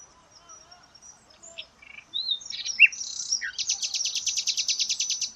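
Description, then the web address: Bird song, a few sliding high notes followed by a long, rapid, buzzy trill of closely repeated high notes to the end. "Deverinetal 2025. Bird Only"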